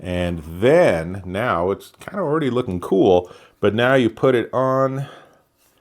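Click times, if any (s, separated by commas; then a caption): none. Someone talks while handling an Otterbox Commuter case for a Google Pixel 9, with the phone already in the soft rubber inner sleeve and the hard plastic outer shell about to be pressed on over it. Nothing has clicked or seated yet; the clip ends just before the shell snaps into place.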